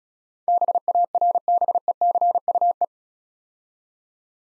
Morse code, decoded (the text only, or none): BARBECUE